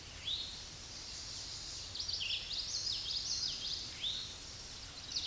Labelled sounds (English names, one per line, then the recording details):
Common Yellowthroat song
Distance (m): 25 m
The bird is about level with the microphone
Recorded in a Pennsylvania forest on 16 May 2024 at 07:59
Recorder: AudioMoth, point MSD-2304
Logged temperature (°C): 16.0 °C
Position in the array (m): 230 m, 181 m